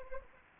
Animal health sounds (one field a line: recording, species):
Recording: mosquito wingbeat signal from an infrared sensor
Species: Anopheles arabiensis